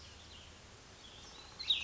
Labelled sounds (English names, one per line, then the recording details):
Cassin's Vireo
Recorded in Sonoma County, California